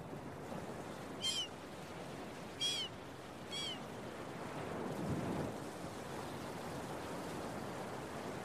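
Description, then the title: Gull giving three short, bright, harmonic calls about a second apart, then quiet, with continuous surf rolling throughout. Recorded early in the morning at a beach, with waves breaking. "Early Morning Seagulls and Beach Waves"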